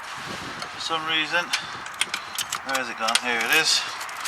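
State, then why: Not seated. A plastic wiring connector clip for a car alternator is being handled after the alternator has been refitted, while someone talks. Short sharp knocks and taps occur around 2.0, 2.1, 2.4 and 2.5 seconds. The clip has not yet been pushed onto the alternator, and nothing has seated or clicked.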